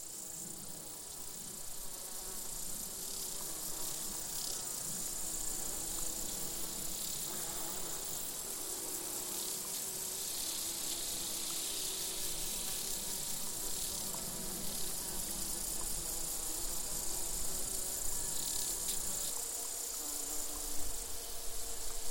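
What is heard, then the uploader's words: A steady summer insect chorus of crickets and grasshoppers fills an open meadow, bright chirring high up over a soft, constant low murmur. Recorded by Colin Hunter. Summer insect chorus.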